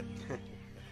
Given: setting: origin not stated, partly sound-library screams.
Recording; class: one-second piece from a danger detection set; normal situation